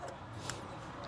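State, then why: Seated. A plastic wiring harness connector for cylinder 7 is pushed onto the ignition coil of a BMW E90/E92/E93 M3 S65 engine during spark plug and ignition coil service. A single short, sharp click sounds at 0.5 s over a low steady background as the connector clips on and seats.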